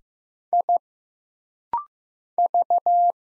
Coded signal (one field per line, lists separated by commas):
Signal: Morse code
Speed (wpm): 15 wpm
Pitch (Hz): 700 Hz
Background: none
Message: I V